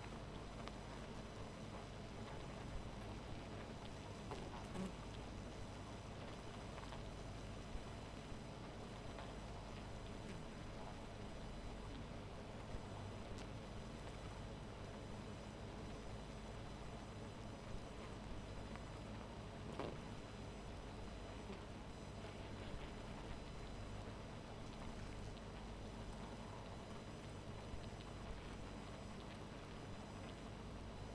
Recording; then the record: honeybee colony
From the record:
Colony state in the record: missing queen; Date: 14 July 2017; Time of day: 0:22